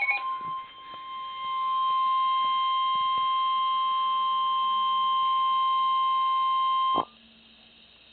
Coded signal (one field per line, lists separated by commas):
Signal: Emergency Alert System (SAME) tones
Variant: 1050 Hz attention tone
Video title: EAS Alert #6- 4/3/11